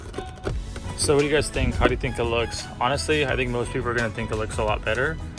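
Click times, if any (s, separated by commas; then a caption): 0.5 s, 0.8 s. A carbon fiber mirror cap is lined up with its tabs inside the lip of an M2's side mirror housing and pushed firmly until it snaps into place. Two sharp clicks are heard at 0.5 s and 0.8 s, and then someone talks over music. The cap is seated on the mirror housing.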